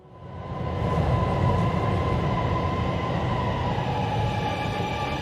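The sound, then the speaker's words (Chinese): A Beijing Subway train runs steadily, its loud, continuous low rumble topped by a thin electric whine that holds a constant pitch, fading in over the first second and then staying even throughout. “到了1969年的10月1日，北京地铁一期工程建成通车，从而结束了中国没有地铁的历史。”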